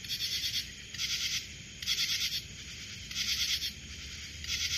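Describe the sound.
Cricket sounding rasping pulsed chirps in bursts of about half a second, spaced irregularly.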